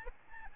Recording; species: mosquito wingbeat signal from an infrared sensor; Aedes albopictus